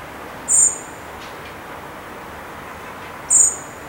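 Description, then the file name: Common blackbird calling twice with thin, very high, drawn-out seee notes nearly three seconds apart, with a faint hiss of background noise between them. "Turdus merula"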